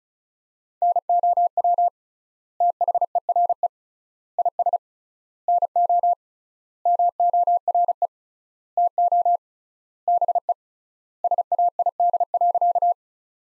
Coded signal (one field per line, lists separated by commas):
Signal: Morse code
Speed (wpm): 36 wpm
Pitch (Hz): 700 Hz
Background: none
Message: NOW THERE IS NO MORE TO BE SAID.